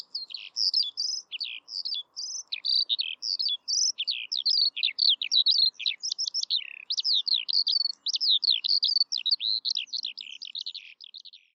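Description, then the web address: Bird singing a rapid, high-pitched twittering stream of varied chirps and slurred notes throughout. "Bird Only"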